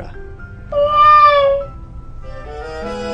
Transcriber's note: peacock cry